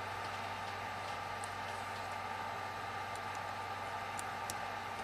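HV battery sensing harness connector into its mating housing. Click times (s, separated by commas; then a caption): 4.2 s, 4.5 s. A plastic connector on a hybrid HV battery sensing harness is pushed into its mating housing during a harness repair, over a steady hum and hiss. Two small sharp clicks are heard at 4.2 s and 4.5 s as the connector pops in and seats.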